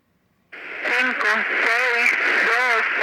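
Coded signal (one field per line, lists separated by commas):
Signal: numbers station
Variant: Spanish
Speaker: Bien, ese es un ejemplo de las transmisiones en idioma español. Y bueno, esta última fue grabada por su servidor, si les llega a interesar, en la frecuencia 11.735.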